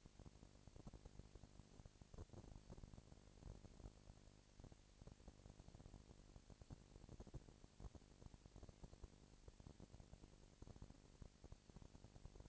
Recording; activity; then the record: daily activity, microphone in the room; no activity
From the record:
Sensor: 5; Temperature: 20.1 degrees Celsius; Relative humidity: 38.2%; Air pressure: 998.9 hPa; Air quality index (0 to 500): 218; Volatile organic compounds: 24 ppm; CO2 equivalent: 2805 ppm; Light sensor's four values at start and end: 2/3/1/1 and 2/3/1/1